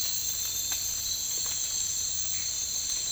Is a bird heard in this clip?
no